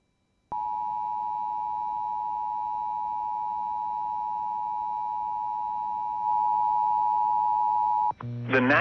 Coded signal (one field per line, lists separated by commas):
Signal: Emergency Alert System (SAME) tones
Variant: 853 and 960 Hz attention tone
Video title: WE ARE HALF WAY TO EAS #500 EAS Alerts From 4/9/21 (EAS #445-457)